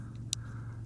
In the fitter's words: one snapped into place and fourth one snapped